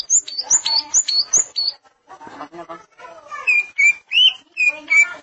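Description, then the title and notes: Greater green leafbird song opening with high quick whistled notes, then a softer jumble, ending with loud looping whistles in quick succession. "Suara Kicauan Burung Cucak Ijo"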